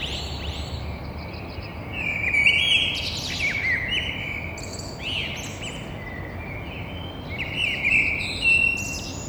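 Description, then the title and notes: Eurasian blackbird delivering several rich whistled phrases that break into thin high twitters, with steady background noise throughout. Single blackbird in a courtyard between two windows, Toulouse, Thursday 9 April, 6:30. "Merle noir côté cour. Stéphane Marin"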